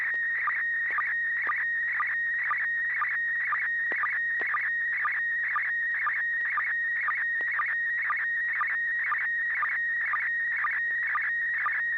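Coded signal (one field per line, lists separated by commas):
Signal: SSTV (slow-scan television)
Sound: warbling whistle shifting pitch, with a short low chirp roughly twice a second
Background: low steady hum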